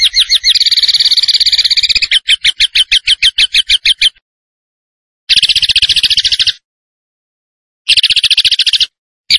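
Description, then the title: Tembakan bird song: rapid, buzzy trilled notes high in pitch, a long run, then shorter bursts separated by pauses. Master recording used to train cage birds, featuring a gacor (vigorously singing) bird. "Masteran Burung Tembakan Gacor"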